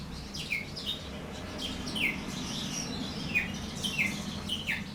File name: poet travyanoi rozovobryuxii popugai